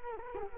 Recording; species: mosquito wingbeat signal from an infrared sensor; Culex quinquefasciatus